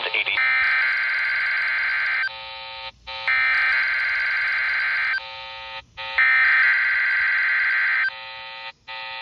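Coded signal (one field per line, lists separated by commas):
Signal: Emergency Alert System (SAME) tones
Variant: header bursts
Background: speech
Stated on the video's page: NOAA weather radio Required Weekly Test from a Mooresville, NC transmitter on 162.525 MHz, received on a RadioShack 12-254 weather radio.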